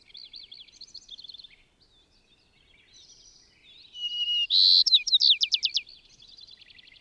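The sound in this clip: Bird warbling in high twittering phrases that build to a loud, fast series of sweeping trilled notes, then fade back into soft chirps.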